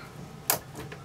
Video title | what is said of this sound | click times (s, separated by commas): SOLD 2014 Retreat Mabel Semi Off-Road Caravan Walkthrough | and then you push until you hear the click. Done. Release, and it's | 0.5 s